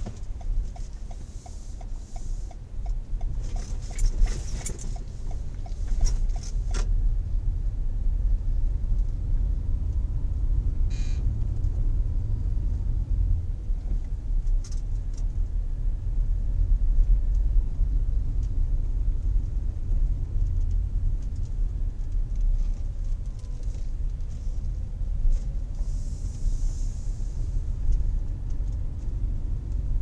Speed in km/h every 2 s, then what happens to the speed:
7, 12, 17, 21, 27, 28, 20, 21, 24, 25, 22, 17, 13, 18, 24.
0-9 speeds up to 28. 9-12 slows to 20. 12-18 steady at about 21. 18-24 slows to 13. 24-27 speeds up to 24.